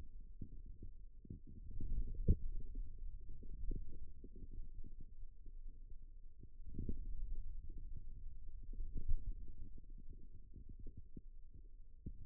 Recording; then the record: forearm muscle sounds (acoustic myography)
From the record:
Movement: ulnar deviation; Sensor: system 2, bracelet of six BSWA MPA416 microphones around the upper forearm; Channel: 1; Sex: male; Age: 22 years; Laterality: right